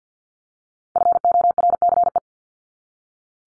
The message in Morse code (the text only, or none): FORCE